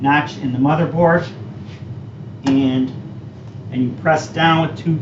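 A DDR4 memory stick is lined up with the notch in a motherboard DIMM slot and handled as someone talks through pressing it down. No distinct click stands out over the speech, and the stick has not seated or clicked into the slot yet.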